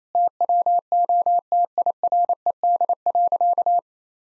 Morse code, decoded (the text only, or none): TWO TIRED.